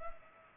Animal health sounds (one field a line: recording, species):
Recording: mosquito wingbeat signal from an infrared sensor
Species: Culex pipiens